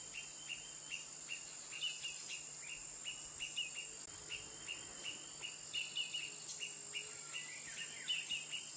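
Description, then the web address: Woodpecker giving a rapid string of short, bright call notes at a regular pace, with a steady high-pitched insect drone throughout. 15 March 2004, morning. "woodpeckers 20040315 AM"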